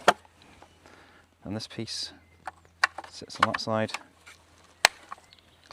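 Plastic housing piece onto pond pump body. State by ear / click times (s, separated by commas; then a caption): seated / 4.9 s. A plastic housing piece is fitted onto one side of an Oase AquaMax Eco Premium pond pump body during reassembly while someone talks. Small clicks and handling taps lead to a loud, sharp snap at 4.8 s as the piece clicks into place, leaving it seated.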